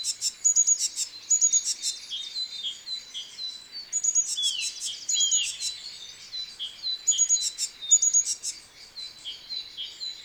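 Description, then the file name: Great tit giving a repeated phrase of arched notes, high whistles and sharp clicking ticks. "Parus major"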